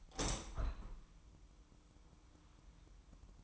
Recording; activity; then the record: daily activity, microphone in the room; open window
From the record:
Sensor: 1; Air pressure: 1004.7 hPa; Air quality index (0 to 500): 104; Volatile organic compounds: 3 ppm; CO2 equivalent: 1430 ppm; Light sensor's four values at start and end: 6/16/6/6 and 7/16/6/6